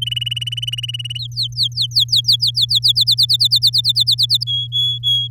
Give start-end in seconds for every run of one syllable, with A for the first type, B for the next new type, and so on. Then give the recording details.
0.02-1.18 A, 1.19-2.65 B, 2.69-4.44 C, 4.46-5.28 D. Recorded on 9 May 2018 at 13:14. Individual llb16